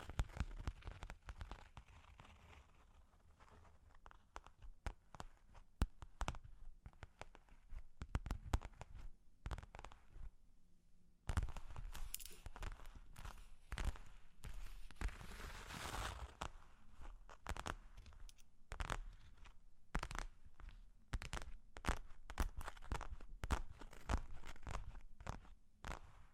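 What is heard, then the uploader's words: Long claws tap and scratch in irregular bursts of sharp clicks, with quieter stretches near eleven seconds and busier, denser scraping afterward. Long Claws Tapping and Scratching (No Talking).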